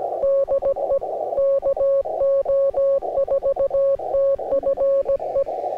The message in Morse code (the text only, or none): DE KO4TFE